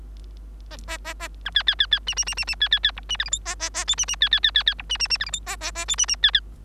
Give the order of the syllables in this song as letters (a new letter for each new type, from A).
A A A A B C C C C D D D D D C C C E D F G H A A A I D D C C C C C E D D D F G H A A A I D D C C